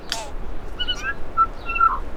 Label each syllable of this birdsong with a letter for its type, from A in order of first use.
A B C D